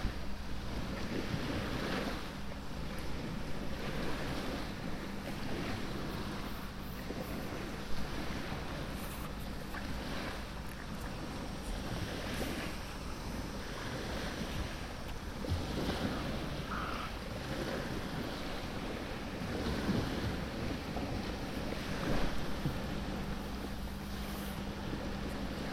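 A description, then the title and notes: Binaural field recording beside a lighthouse in Florida: a steady wash of wind and surf fills the whole clip at an even level. A low motor-like hum runs underneath, with small clicks and knocks scattered throughout, a sharper one near eight seconds. A binaural field recording, sitting near a light house in Florida. Fishing somewhere in the background.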